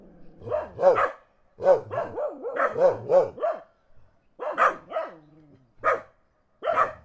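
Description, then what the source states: Dogs barking, several hoarse, wavering barks and yelps in quick clusters, a short pause, then a pair of barks followed by a few single barks. Dogs barking in the countryside.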